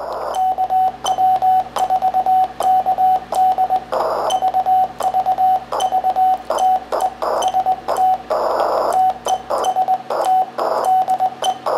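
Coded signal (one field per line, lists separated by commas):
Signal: Morse code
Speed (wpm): 20 wpm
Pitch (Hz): 750 Hz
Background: radio noise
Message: KW4KD VVV TEST TEST DE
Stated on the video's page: CW from a homebuilt 4-band SDR transceiver using an STM32F411, a Tayloe mixer and an Si5351 carrier oscillator.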